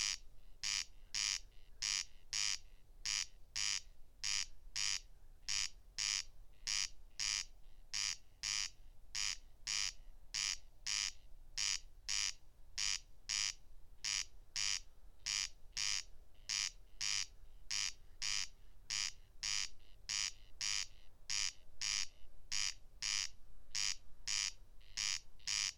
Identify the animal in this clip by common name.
Corn Crake